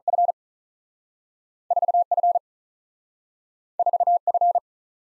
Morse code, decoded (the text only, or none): F 4 F 4 F